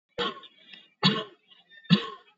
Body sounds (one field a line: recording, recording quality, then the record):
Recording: shallow voluntary cough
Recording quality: excellent, no background noise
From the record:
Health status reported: COVID-19 positive, mild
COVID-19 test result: positive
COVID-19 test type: RT-PCR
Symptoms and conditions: cough, cold, hypertension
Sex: male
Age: 56 years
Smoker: no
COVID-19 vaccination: both doses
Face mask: worn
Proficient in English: yes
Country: India